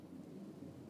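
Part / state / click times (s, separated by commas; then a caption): autoinjector pen pressed against the injection site / not seated / none. An autoinjector pen is held pressed against the injection site while waiting for its second click, which marks the end of the injection. Only a steady low rumble like wind or vehicle noise is heard, with no distinct hits. Nothing has seated or clicked yet.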